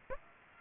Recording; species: mosquito wingbeat signal from an infrared sensor; Aedes aegypti